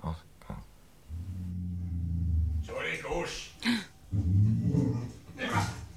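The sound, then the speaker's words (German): A dog gives a low, rumbling growl for over a second, then breaks into several loud, rough barks in quick bursts with short pauses between them. “Ach, der hat seinen Hund dabei.”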